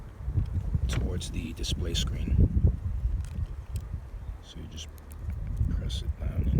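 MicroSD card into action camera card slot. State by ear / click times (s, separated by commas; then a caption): not seated / none. A microSD card is pressed, decal facing the display screen, into the card slot of an AKASO V50X 4K action camera while someone talks over low, rumbling background noise with faint handling ticks. The card is being handled and pushed toward the slot, but nothing has seated or clicked yet.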